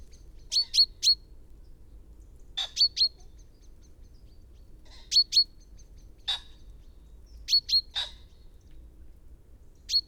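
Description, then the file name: Common chaffinch calling: short clusters of three sharp, bright high chips, plus a lone harsher note, repeated irregularly every couple of seconds. "Fringilla coelebs"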